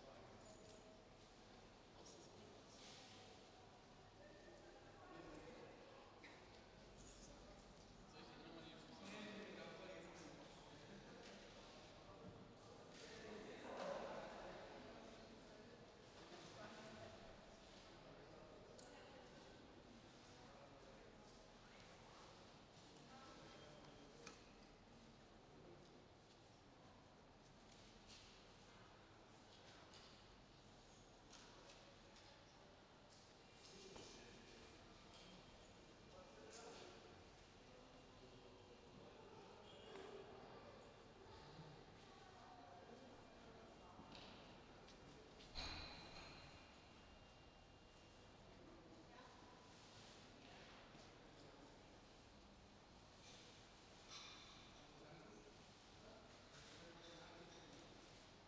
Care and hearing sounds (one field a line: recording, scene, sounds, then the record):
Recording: everyday scene through a hearing-aid microphone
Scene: reverberant space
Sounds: background noise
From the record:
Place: railway station hall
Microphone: in the ear canal, left